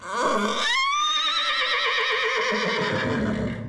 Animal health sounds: contact call of a hoofed animal; horse; whinny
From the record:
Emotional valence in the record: negative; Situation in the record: separation from one group member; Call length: 3.8 s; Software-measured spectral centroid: 2610 Hz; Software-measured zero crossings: 3650 a second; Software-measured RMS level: -24 dBFS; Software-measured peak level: -10 dBFS

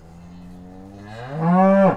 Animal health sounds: contact call of a hoofed animal; cattle; low-frequency (closed-mouth) or high-frequency (open-mouth) call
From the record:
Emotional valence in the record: positive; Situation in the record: physical reunion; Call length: 1.96 s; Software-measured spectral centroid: 990 Hz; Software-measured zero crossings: 1000 a second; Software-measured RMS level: -20 dBFS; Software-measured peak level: -4 dBFS

